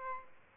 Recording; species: mosquito wingbeat signal from an infrared sensor; Aedes albopictus